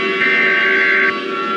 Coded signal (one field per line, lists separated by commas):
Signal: Emergency Alert System (SAME) tones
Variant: header bursts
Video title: EAS Scenario - Fall of the USA: REMASTERED